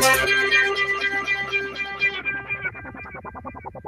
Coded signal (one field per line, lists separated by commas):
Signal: none